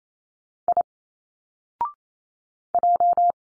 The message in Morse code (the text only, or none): I J